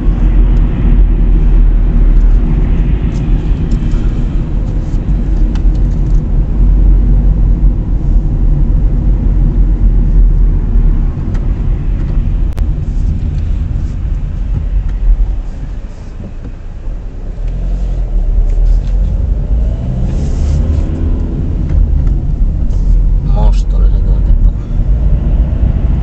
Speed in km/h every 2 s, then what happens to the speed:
44, 42, 38, 37, 37, 37, 37, 37, 37, 13, 19, 24, 31.
0-18 slows to 13. 18-26 speeds up to 31.